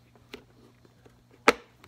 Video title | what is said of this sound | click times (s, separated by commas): Bissell Powerforce Helix 1240 Review | there like that I hope you heard the click | 1.5 s